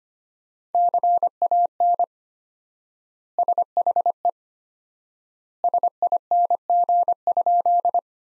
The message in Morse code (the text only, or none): CAN SHE SING?